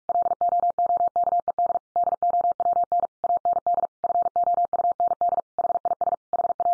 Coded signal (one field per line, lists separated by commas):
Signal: Morse code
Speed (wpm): 44 wpm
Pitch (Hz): 700 Hz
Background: none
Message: LOOKED DOWN AND FOUND HIS HA